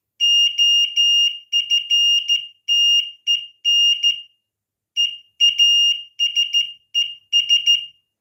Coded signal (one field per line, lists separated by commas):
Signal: Morse code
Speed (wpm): 13 wpm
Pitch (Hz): 2850 Hz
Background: none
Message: OFTEN EASES